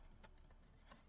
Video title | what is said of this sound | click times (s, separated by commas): Let's Build - R2-D2! - Episode 08 - The legs - Part 2 | there's a clunk | 0.9 s